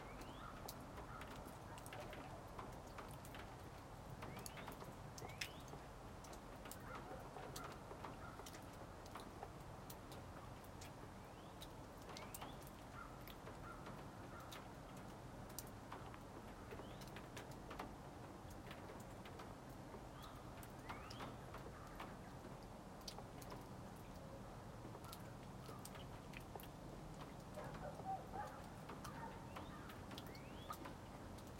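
Snowmelt drips from a cabin roof in frequent sharp little ticks and splashes, scattered irregularly over a steady low rumble of traffic.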